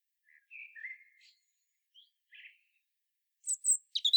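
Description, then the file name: European robin singing softly: scattered thin whistles and brief warbled notes separated by pauses, ending with a few sharper, louder high notes. "Erithacus rubecula"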